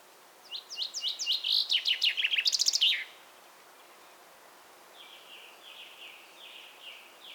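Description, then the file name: Common chaffinch singing one rattling, descending phrase that speeds up and ends in a flourish, followed by a fainter series of repeated chirps. "Fringilla coelebs"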